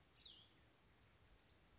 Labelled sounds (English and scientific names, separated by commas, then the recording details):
Cassin's Vireo (Vireo cassinii)
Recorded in Sonoma County, California